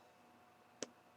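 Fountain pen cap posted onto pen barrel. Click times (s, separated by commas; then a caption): 0.8 s. The slip cap of a metal Lamy Studio Palladium fountain pen is posted onto the end of its tapered barrel, which has a reflective silver end. A single sharp click sounds at 0.8 s over a quiet background. The cap is seated and sits securely in place.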